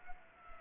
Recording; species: mosquito wingbeat signal from an infrared sensor; Aedes aegypti